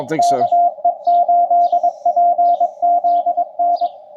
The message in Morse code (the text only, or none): KE8PZN